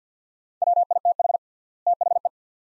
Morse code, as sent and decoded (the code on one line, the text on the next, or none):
.-- .. - .... / - .... .
WITH THE